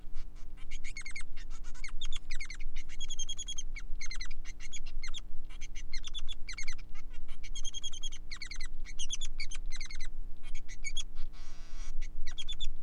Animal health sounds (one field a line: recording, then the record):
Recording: song of a male Bengalese finch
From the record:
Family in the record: son of father 3